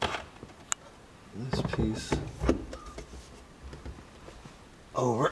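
A rear-view mirror base is slid onto the factory windshield mounting button of a Subaru and snaps into place with a sharp, short click at 0.7 s. Someone talks before and after the click. The mirror mount is seated and locked securely onto the windshield bracket.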